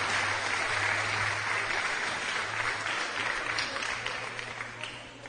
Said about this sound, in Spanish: Hablando de se van nuestros participantes. Démosles un aplauso, muy bien, ¡qué excelente!